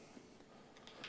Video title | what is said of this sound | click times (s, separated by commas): System Build 34 - Build With Brian - Complete Build using Qflash-plus, Jonsbo C6 Case (2024) | That's the little latches here latching together. | 0.9 s, 1.0 s